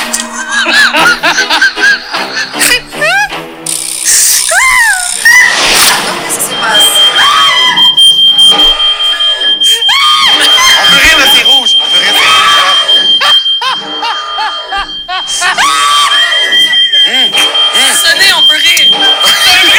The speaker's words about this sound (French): Puis là, c'est ça, on a entendu comme une sonnerie.